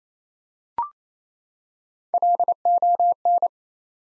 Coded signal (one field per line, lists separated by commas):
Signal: Morse code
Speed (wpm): 27 wpm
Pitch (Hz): 700 Hz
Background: none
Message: LON